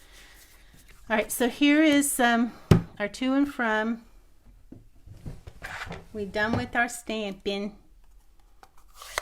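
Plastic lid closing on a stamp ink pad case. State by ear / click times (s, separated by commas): seated / 9.2 s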